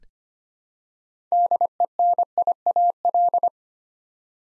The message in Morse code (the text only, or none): DENIAL